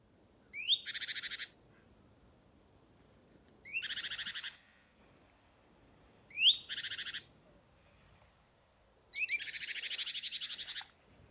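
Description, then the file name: Great tit scolding: four bouts, each a thin rising note then a harsh buzzy rattle, the last rattle longer and broader. "Parus major"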